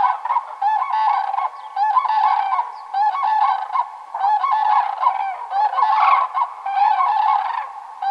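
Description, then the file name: Common crane trumpeting calls, several birds overlapping in loud rolling bugles, repeated almost continuously with short pauses. Finland, spring migration; breeding pairs arriving among the first migrants. "kurki hannes tiira"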